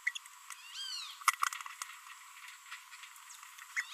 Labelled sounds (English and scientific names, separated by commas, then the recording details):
Green-rumped Parrotlet (Forpus passerinus) babbling
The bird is a female
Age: 27 days
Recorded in a nest box in Venezuela
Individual 17B42B3